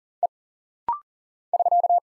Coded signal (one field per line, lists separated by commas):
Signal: Morse code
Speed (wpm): 40 wpm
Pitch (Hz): 700 Hz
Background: none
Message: E <SK>